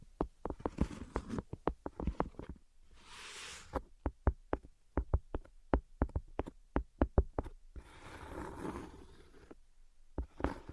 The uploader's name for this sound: Invisible Tapping and Scratching